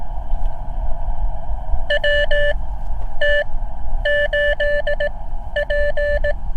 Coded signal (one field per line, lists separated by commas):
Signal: Morse code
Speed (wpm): 18 wpm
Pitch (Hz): 580 Hz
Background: none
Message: WT8P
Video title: My CW Journey: 5th Activation - uSDX+ Transceiver